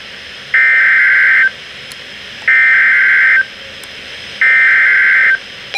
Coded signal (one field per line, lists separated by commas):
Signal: Emergency Alert System (SAME) tones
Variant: header bursts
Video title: 12/8/2021: Special Marine Warnings (EAS #393-397)